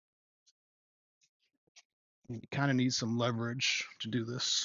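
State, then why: Not seated. A plastic snap-fit part is pressed onto a large Star Wars HasLab The Ghost toy starship model, with a few faint, quiet taps in the first two seconds before someone talks. The part will not go all the way in because it needs more leverage; nothing has seated or clicked yet.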